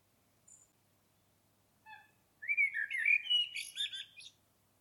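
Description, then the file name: Common blackbird with two faint introductory notes, then a rich fluty warble dissolving into a high squeaky twittering finish. "Turdus merula"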